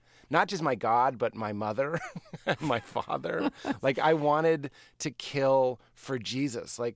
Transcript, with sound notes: Not just my God, but my mother, my father.
(LAUGHTER)
Like, I wanted to kill for Jesus.